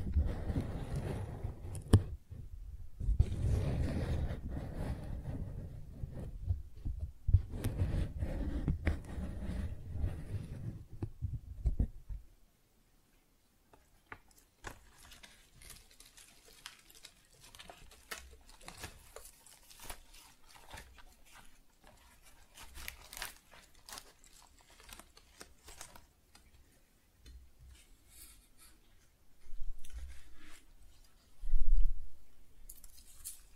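Close, tingly handling of flowers: the first twelve seconds bring a dense, rumbling rustle with brief pauses. After that it turns quiet and sparse, with soft crisp ticks and brushes scattered through, plus a louder rustling burst around thirty seconds.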